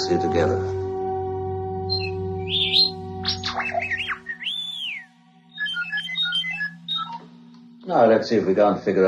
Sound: beeping and whistling